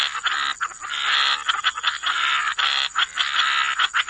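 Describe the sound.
Frogs chorusing in loud, raspy, grating bursts, one after another, over a steady thin high tone.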